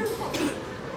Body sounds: coughing mixed with background sound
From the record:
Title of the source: 60 coughing still (deep and wet cough)

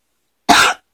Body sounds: coughing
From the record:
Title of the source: 64 coughing, allergies, singing lungs

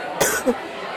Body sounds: coughing mixed with background sound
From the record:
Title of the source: 30 Chesty and wet cough

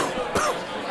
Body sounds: coughing mixed with background sound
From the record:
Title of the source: Coughing 79

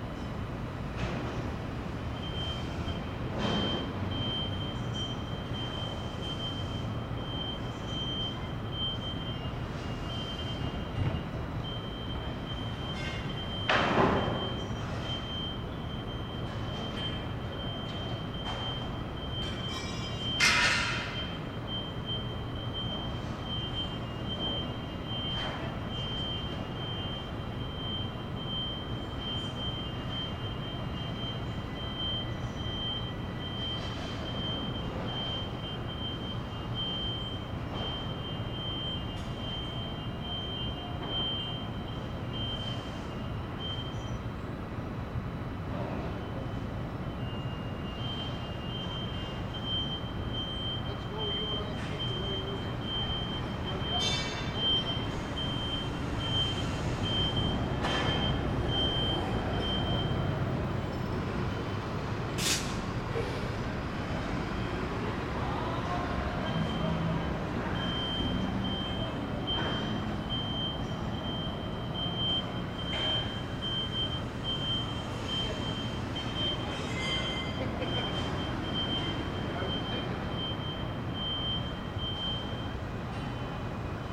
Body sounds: background sound without coughing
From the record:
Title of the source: 30 MINUTES Construction Site Ambience (CC BY 4.0)

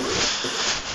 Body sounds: coughing mixed with background sound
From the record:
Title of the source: Coughing 77

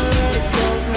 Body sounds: coughing mixed with background sound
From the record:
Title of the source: Coughing Man Sound - Man Cough Sound Effect

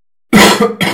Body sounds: coughing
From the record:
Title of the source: Man Coughing Sound - Wet Cough Sound Effect

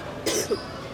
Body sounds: coughing mixed with background sound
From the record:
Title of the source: 55 gaggy wet cough

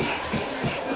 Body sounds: coughing mixed with background sound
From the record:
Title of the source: Spring Cold Coughing 2

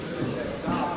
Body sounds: coughing mixed with background sound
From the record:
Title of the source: Spring Cold Coughing 3

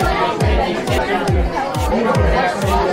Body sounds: background sound without coughing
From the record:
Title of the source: Nightlife Party Simulating Party Club Noise 1 Hour

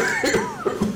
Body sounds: coughing mixed with background sound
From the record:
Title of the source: Mid-morning Winter Coughing Fit

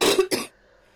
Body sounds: coughing mixed with background sound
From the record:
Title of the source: 61 morning phlegmy cough...again

